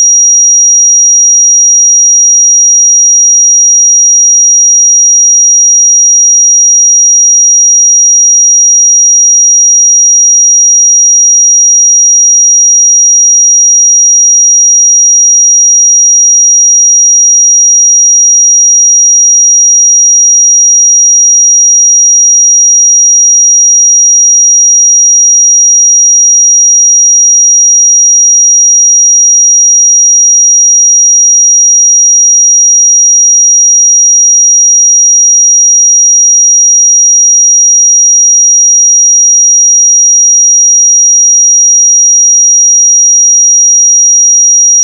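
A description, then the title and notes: A pure sine tone at 5729 Hz holds perfectly steady for the whole clip, a single thin, bright whistle with no change in pitch or loudness. Nothing else is audible behind it, and the tone runs unbroken from start to finish. 5729 Hz 1 Hz Interval Sine Pure Tone Frequency 441000 Sample Mono.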